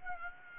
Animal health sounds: mosquito wingbeat signal from an infrared sensor; Aedes aegypti

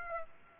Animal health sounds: mosquito wingbeat signal from an infrared sensor; Aedes aegypti

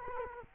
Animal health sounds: mosquito wingbeat signal from an infrared sensor; Culex quinquefasciatus

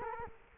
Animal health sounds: mosquito wingbeat signal from an infrared sensor; Culex quinquefasciatus

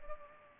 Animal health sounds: mosquito wingbeat signal from an infrared sensor; Culex pipiens

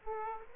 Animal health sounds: mosquito wingbeat signal from an infrared sensor; Aedes aegypti

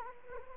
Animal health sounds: mosquito wingbeat signal from an infrared sensor; Anopheles arabiensis

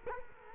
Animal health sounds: mosquito wingbeat signal from an infrared sensor; Culex quinquefasciatus

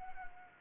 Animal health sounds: mosquito wingbeat signal from an infrared sensor; Anopheles arabiensis

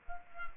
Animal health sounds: mosquito wingbeat signal from an infrared sensor; Culex quinquefasciatus

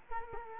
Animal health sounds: mosquito wingbeat signal from an infrared sensor; Culex quinquefasciatus

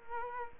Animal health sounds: mosquito wingbeat signal from an infrared sensor; Culex quinquefasciatus

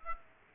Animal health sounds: mosquito wingbeat signal from an infrared sensor; Aedes aegypti

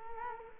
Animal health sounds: mosquito wingbeat signal from an infrared sensor; Culex quinquefasciatus

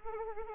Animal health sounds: mosquito wingbeat signal from an infrared sensor; Anopheles arabiensis

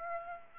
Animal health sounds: mosquito wingbeat signal from an infrared sensor; Aedes aegypti

